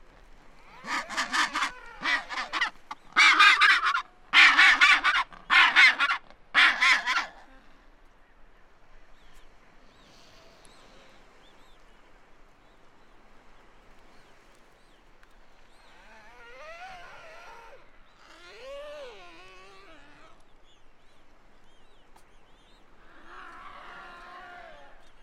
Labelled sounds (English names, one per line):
Chinstrap Penguin call